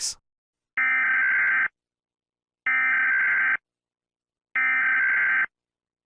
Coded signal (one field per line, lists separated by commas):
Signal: Emergency Alert System (SAME) tones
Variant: header bursts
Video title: EAS Scenario #3 Dawn Of The Darkness Night [Season 2]